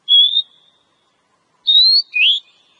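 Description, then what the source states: Oriental magpie-robin giving a long steady whistle, then after a pause a rising whistle followed by a lower slurred note. Female; Indonesian name kacer.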